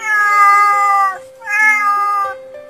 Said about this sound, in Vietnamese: Tiếng mèo vang lên đầy tội nghiệp.